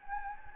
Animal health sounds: mosquito wingbeat signal from an infrared sensor; Anopheles gambiae

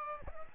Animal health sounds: mosquito wingbeat signal from an infrared sensor; Aedes aegypti

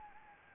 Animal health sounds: mosquito wingbeat signal from an infrared sensor; Anopheles gambiae

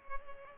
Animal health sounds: mosquito wingbeat signal from an infrared sensor; Culex pipiens

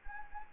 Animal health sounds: mosquito wingbeat signal from an infrared sensor; Anopheles arabiensis

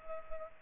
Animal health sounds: mosquito wingbeat signal from an infrared sensor; Culex pipiens

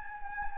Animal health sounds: mosquito wingbeat signal from an infrared sensor; Anopheles gambiae

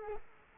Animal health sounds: mosquito wingbeat signal from an infrared sensor; Culex quinquefasciatus

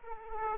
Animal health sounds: mosquito wingbeat signal from an infrared sensor; Aedes aegypti

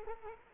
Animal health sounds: mosquito wingbeat signal from an infrared sensor; Culex quinquefasciatus

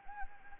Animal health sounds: mosquito wingbeat signal from an infrared sensor; Anopheles gambiae

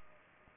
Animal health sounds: mosquito wingbeat signal from an infrared sensor; Culex pipiens

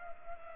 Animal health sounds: mosquito wingbeat signal from an infrared sensor; Culex pipiens

